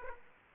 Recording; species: mosquito wingbeat signal from an infrared sensor; Aedes aegypti